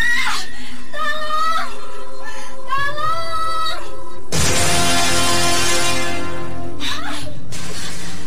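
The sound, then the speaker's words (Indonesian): Several wavering, high-pitched screams for help, coming from a chamber in a palace, rise and fall for a few seconds before a loud, harsh shattering crash cuts in, followed by one more cry. “Jadi, sepertinya aku mendengar suara teriakan meminta tolong.”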